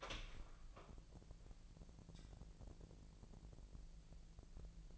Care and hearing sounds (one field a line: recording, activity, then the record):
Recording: daily activity, microphone in the room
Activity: open door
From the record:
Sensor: 5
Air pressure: 1001.5 hPa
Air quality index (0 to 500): 249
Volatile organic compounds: 35 ppm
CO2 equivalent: 3051 ppm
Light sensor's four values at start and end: 38/87/35/34 and 38/87/35/34